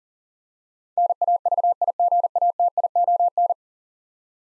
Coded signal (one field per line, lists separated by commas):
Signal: Morse code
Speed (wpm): 40 wpm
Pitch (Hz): 700 Hz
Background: none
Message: NAVIGATION